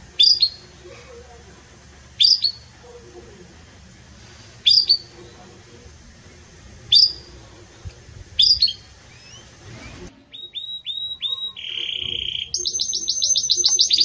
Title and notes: Canto Canário Belga Campainha Puro Com Pausa Para Treinamento. CANARIO BELGA